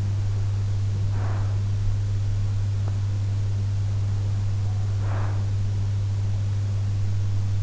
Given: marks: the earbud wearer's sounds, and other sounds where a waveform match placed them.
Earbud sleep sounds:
sounds in sleep by an in-ear microphone; breath
1.10-1.73 s: breath
4.97-5.43 s: breath

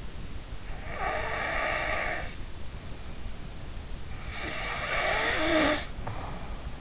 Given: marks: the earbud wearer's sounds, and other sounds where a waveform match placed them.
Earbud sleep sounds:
sounds in sleep by an in-ear microphone; snoring breath
0.64-2.41 s: snoring breath
4.17-6.71 s: snoring breath

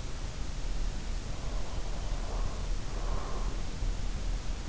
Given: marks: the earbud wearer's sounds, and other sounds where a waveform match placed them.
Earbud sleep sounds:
sounds in sleep by an in-ear microphone; breath
1.36-3.77 s: breath

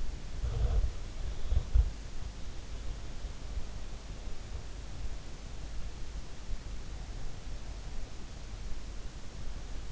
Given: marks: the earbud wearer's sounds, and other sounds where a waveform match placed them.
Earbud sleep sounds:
sounds in sleep by an in-ear microphone; body movement
0.00-2.75 s: body movement

